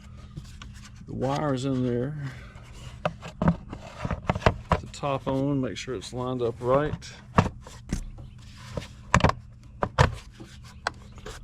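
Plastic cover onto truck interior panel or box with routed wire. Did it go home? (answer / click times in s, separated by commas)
yes / 10.9 s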